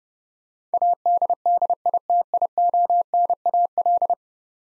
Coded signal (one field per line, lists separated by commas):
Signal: Morse code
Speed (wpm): 32 wpm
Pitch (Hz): 700 Hz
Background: none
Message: ADDITIONAL